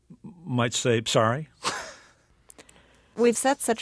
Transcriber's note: soundbite of laughter